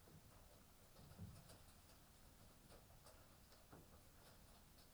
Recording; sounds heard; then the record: poultry house recording; healthy chickens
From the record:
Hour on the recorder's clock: 18